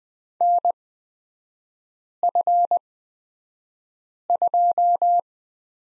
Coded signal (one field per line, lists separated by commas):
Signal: Morse code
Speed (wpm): 20 wpm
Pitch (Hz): 700 Hz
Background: none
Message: NF2